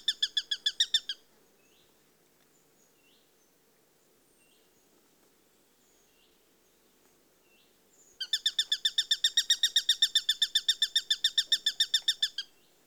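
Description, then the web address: Eurasian sparrowhawk chattering alarm: a short burst of shrill repeated notes, about seven seconds of near silence, then a long, steady, fast kek-kek-kek series. "BBC Sound Effects Library. Sparrowhawk (Accipiter Nisus)"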